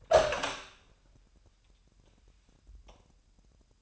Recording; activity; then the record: daily activity, microphone in the room; open door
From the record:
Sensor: 2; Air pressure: 998.2 hPa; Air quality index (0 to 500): 140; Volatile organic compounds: 4 ppm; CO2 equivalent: 1593 ppm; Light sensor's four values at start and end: 12/34/14/13 and 12/34/14/13